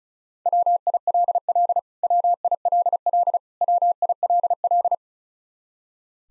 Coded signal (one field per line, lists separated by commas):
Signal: Morse code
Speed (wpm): 36 wpm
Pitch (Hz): 700 Hz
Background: none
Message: WILL WILL WILL